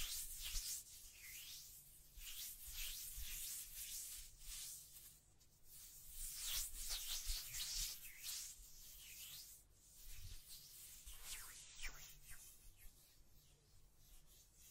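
Mic brushing and scratching fill the clip with bright, hissing strokes that rise and fade in waves every second or so. A low rumble runs underneath, with occasional soft thuds, and the rubbing briefly pauses near the middle before resuming.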